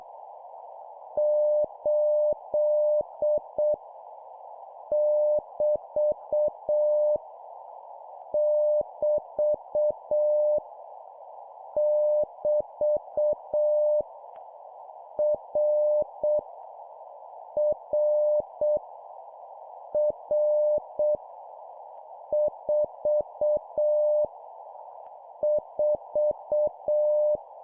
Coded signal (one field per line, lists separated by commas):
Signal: Morse code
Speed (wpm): 7 wpm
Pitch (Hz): 600 Hz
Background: none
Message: 8 <BT> <BT> <BT> R R R 4 4